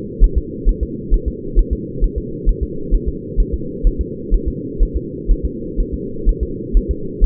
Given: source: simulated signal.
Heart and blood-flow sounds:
fetal heart sounds
0.24 s: S1
0.38 s: S2
0.69 s: S1
0.83 s: S2
1.14 s: S1
1.28 s: S2
1.59 s: S1
1.73 s: S2
2.04 s: S1
2.18 s: S2
2.49 s: S1
2.63 s: S2
2.94 s: S1
3.08 s: S2
3.40 s: S1
3.54 s: S2
3.87 s: S1
4.01 s: S2
4.34 s: S1
4.48 s: S2
4.83 s: S1
4.97 s: S2
5.31 s: S1
5.45 s: S2
5.80 s: S1
5.94 s: S2
6.29 s: S1
6.43 s: S2
6.77 s: S1
6.91 s: S2
7.24 s: S1
From the record:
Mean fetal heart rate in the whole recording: 130 bpm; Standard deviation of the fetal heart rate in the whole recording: 4 bpm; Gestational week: 38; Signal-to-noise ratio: -4.3 dB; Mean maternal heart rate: 72 bpm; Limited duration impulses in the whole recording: absent

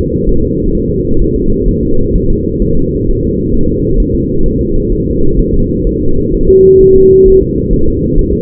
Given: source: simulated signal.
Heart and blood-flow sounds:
fetal heart sounds
0.29 s: S1
0.44 s: S2
0.75 s: S1
0.90 s: S2
1.21 s: S1
1.36 s: S2
1.68 s: S1
1.83 s: S2
2.16 s: S1
2.30 s: S2
2.62 s: S1
2.77 s: S2
3.08 s: S1
3.23 s: S2
3.54 s: S1
3.69 s: S2
4.00 s: S1
4.15 s: S2
4.46 s: S1
4.61 s: S2
4.92 s: S1
5.07 s: S2
5.39 s: S1
5.54 s: S2
5.87 s: S1
6.02 s: S2
6.34 s: S1
6.49 s: S2
6.81 s: S1
6.96 s: S2
7.28 s: S1
7.42 s: S2
7.73 s: S1
7.88 s: S2
8.19 s: S1
8.33 s: S2
From the record:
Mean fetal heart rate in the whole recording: 130 bpm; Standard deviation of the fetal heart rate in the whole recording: 4 bpm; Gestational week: 38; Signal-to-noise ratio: -17.7 dB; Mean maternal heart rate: 72 bpm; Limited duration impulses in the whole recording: present

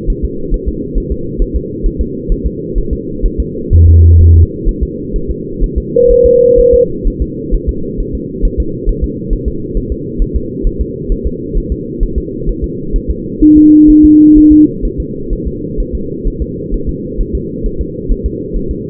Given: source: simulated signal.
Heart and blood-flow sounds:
fetal heart sounds
0.10 s: S1
0.25 s: S2
0.54 s: S1
0.68 s: S2
0.98 s: S1
1.12 s: S2
1.42 s: S1
1.56 s: S2
1.86 s: S1
2.01 s: S2
2.32 s: S1
2.46 s: S2
2.78 s: S1
2.93 s: S2
3.25 s: S1
3.40 s: S2
3.73 s: S1
3.88 s: S2
4.21 s: S1
4.36 s: S2
4.69 s: S1
4.83 s: S2
5.16 s: S1
5.31 s: S2
5.63 s: S1
5.78 s: S2
6.11 s: S1
6.26 s: S2
6.59 s: S1
6.74 s: S2
7.07 s: S1
7.22 s: S2
7.54 s: S1
7.69 s: S2
8.00 s: S1
8.15 s: S2
8.45 s: S1
8.60 s: S2
8.89 s: S1
9.04 s: S2
9.33 s: S1
9.48 s: S2
9.77 s: S1
9.92 s: S2
10.22 s: S1
10.36 s: S2
10.67 s: S1
10.81 s: S2
11.12 s: S1
11.27 s: S2
11.58 s: S1
11.72 s: S2
12.03 s: S1
12.18 s: S2
12.49 s: S1
12.64 s: S2
12.96 s: S1
13.10 s: S2
13.43 s: S1
13.57 s: S2
13.90 s: S1
14.05 s: S2
14.38 s: S1
14.52 s: S2
14.85 s: S1
15.00 s: S2
15.33 s: S1
15.47 s: S2
15.80 s: S1
15.95 s: S2
16.28 s: S1
16.42 s: S2
16.74 s: S1
16.89 s: S2
17.21 s: S1
17.35 s: S2
17.66 s: S1
17.81 s: S2
18.11 s: S1
18.26 s: S2
18.56 s: S1
18.71 s: S2
From the record:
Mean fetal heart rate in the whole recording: 130 bpm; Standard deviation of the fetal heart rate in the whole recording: 4 bpm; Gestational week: 38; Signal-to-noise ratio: -6.6 dB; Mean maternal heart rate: 72 bpm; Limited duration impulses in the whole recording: present

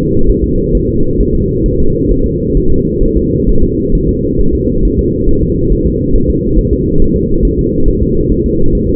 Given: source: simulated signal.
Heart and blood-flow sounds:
fetal heart sounds
0.30 s: S1
0.44 s: S2
0.75 s: S1
0.89 s: S2
1.20 s: S1
1.35 s: S2
1.66 s: S1
1.80 s: S2
2.11 s: S1
2.26 s: S2
2.57 s: S1
2.71 s: S2
3.03 s: S1
3.17 s: S2
3.49 s: S1
3.63 s: S2
3.95 s: S1
4.09 s: S2
4.41 s: S1
4.55 s: S2
4.85 s: S1
4.99 s: S2
5.29 s: S1
5.43 s: S2
5.72 s: S1
5.86 s: S2
6.16 s: S1
6.30 s: S2
6.58 s: S1
6.73 s: S2
7.02 s: S1
7.16 s: S2
7.45 s: S1
7.59 s: S2
7.88 s: S1
8.03 s: S2
8.32 s: S1
8.46 s: S2
8.75 s: S1
8.89 s: S2
From the record:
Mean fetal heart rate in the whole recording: 135 bpm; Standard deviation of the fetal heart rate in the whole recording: 3 bpm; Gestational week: 36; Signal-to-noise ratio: -17.7 dB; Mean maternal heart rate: 72 bpm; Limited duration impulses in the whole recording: present

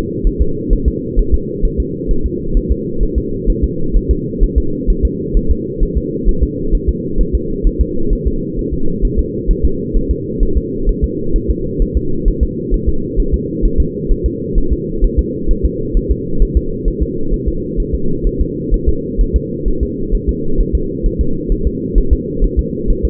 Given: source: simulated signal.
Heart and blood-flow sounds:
fetal heart sounds
0.27 s: S1
0.41 s: S2
0.73 s: S1
0.88 s: S2
1.19 s: S1
1.34 s: S2
1.65 s: S1
1.80 s: S2
2.11 s: S1
2.26 s: S2
2.57 s: S1
2.72 s: S2
3.03 s: S1
3.18 s: S2
3.50 s: S1
3.64 s: S2
3.97 s: S1
4.11 s: S2
4.44 s: S1
4.58 s: S2
4.90 s: S1
5.05 s: S2
5.37 s: S1
5.51 s: S2
5.83 s: S1
5.97 s: S2
6.29 s: S1
6.43 s: S2
6.75 s: S1
6.89 s: S2
7.21 s: S1
7.35 s: S2
7.67 s: S1
7.81 s: S2
8.13 s: S1
8.28 s: S2
8.59 s: S1
8.74 s: S2
9.05 s: S1
9.19 s: S2
9.51 s: S1
9.65 s: S2
9.97 s: S1
10.11 s: S2
10.43 s: S1
10.57 s: S2
10.89 s: S1
11.04 s: S2
11.36 s: S1
11.50 s: S2
11.82 s: S1
11.97 s: S2
12.28 s: S1
12.43 s: S2
12.74 s: S1
12.89 s: S2
13.20 s: S1
13.34 s: S2
13.65 s: S1
13.80 s: S2
14.12 s: S1
14.26 s: S2
14.58 s: S1
14.73 s: S2
15.05 s: S1
15.19 s: S2
15.51 s: S1
15.66 s: S2
15.97 s: S1
16.12 s: S2
16.43 s: S1
16.57 s: S2
16.88 s: S1
17.03 s: S2
17.34 s: S1
17.48 s: S2
17.80 s: S1
17.94 s: S2
18.27 s: S1
18.41 s: S2
18.74 s: S1
18.89 s: S2
19.21 s: S1
19.36 s: S2
19.68 s: S1
19.83 s: S2
20.15 s: S1
20.29 s: S2
20.61 s: S1
20.75 s: S2
21.06 s: S1
21.21 s: S2
21.52 s: S1
21.67 s: S2
21.98 s: S1
22.13 s: S2
22.44 s: S1
22.59 s: S2
22.91 s: S1
23.05 s: S2
From the record:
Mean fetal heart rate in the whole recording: 130 bpm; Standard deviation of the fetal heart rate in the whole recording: 2 bpm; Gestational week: 38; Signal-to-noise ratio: -8.1 dB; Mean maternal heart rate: 72 bpm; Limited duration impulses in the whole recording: absent

